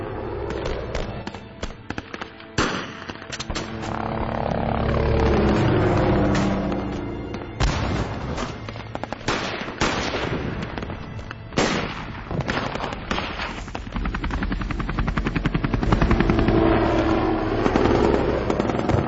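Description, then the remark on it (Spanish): A long, dense barrage of gunfire, sharp cracks and booms fired in rapid, irregular bursts that stay loud almost throughout, with a few heavier blasts standing out from the clatter. “A las 4 de la tarde, sin aviso previo, sin siquiera sospecharlo, sonó el primer disparo, seguido de una sinfonía de plomo que se cernió sobre nuestras cabezas, todavía no acostumbradas a ese viril deporte.”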